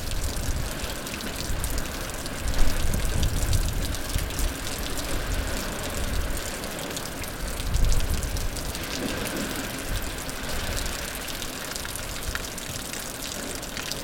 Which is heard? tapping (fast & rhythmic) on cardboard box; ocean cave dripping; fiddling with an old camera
ocean cave dripping